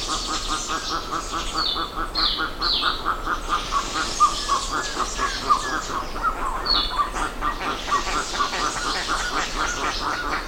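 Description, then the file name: Bird calls, a dense chorus of short repeated mid-pitched notes, about two a second, with higher chirps and swishing notes scattered above. "SABIOD 50 bird 2015"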